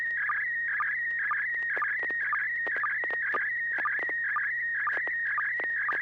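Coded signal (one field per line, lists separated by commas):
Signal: SSTV (slow-scan television)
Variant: PD120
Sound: warbling, scanning tone around 2 kHz with short lower sync chirps twice a second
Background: low hum, clicks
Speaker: yep okay well this will be PD 120.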